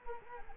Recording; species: mosquito wingbeat signal from an infrared sensor; Culex quinquefasciatus